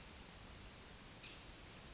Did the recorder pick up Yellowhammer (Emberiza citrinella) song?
no